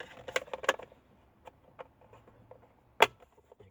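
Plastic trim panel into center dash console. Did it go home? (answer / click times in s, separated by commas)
yes / 0.7 s, 3.0 s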